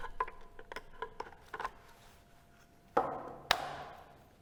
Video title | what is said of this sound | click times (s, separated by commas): SBS Cartridge and Dispenser Introduction | now we heard the click sound | 3.5 s